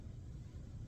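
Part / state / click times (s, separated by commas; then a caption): heated breathing tube connector onto humidifier outlet port / not seated / none. A heated breathing tube for an Airvo 2, with its rounded connector end placed at the top, is being pushed onto the humidifier's outlet port. Only a steady low rumble is heard, with no distinct hit or click. Nothing has seated or clicked yet.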